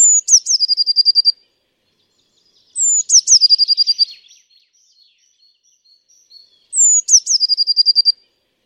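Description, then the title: Eurasian blue tit repeating its call three times: a thin falling whistle followed by a quick, regular trill, with pauses of one to three seconds between. "Eurasian Blue Tit (Cyanistes caeruleus)"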